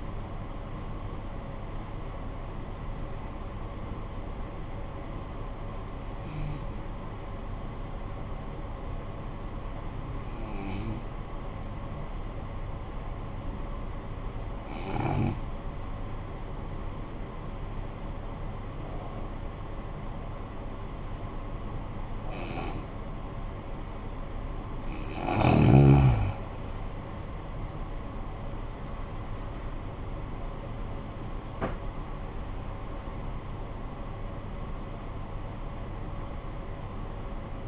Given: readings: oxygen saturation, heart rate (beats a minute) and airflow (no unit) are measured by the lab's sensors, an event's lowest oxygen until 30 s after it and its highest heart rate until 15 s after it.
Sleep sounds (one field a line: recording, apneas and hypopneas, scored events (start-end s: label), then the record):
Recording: breathing in sleep by a smartphone at the bedside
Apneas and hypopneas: 1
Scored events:
10.00-27.20 s: obstructive apnea (N2, oxygen 93% highest, then 80% lowest, heart rate 50 at the start, 68 highest)
32.00-37.68 s: new sleep stage, N1 (lightest sleep)
From the record:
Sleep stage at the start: N2 (light sleep)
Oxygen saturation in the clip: 83 to 93%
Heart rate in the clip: 47 to 68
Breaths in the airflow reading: 3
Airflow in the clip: -15.0 to 15.3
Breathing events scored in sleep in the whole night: 445 in 7.6 hours asleep